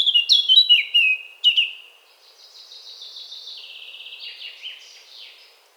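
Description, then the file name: Eurasian blackcap song, several loud sweet notes at first, followed by a faint, fast, buzzy trill. "Sylvia atricapilla"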